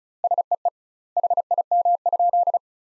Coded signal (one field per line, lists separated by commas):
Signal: Morse code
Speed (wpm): 34 wpm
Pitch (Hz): 700 Hz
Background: none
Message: SEE HIM?